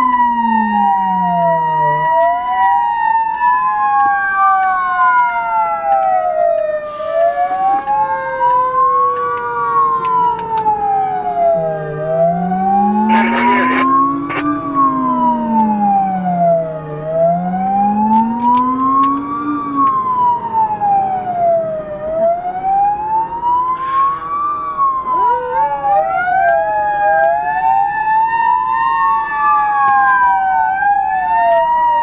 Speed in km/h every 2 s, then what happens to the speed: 48, 35, 26, 21, 19, 26, 33, 40, 45, 49, 53, 54, 53, 55, 55, 48.
0-7 brakes to 19. 7-20 speeds up to 53. 20-29 steady at about 54. 29-32 brakes to 48.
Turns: 3-9.